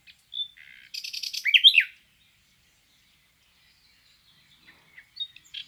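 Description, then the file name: Common nightingale song: a short buzzy rattle with swooping notes, then near silence and a few notes at the end. "Luscinia megarhynchos"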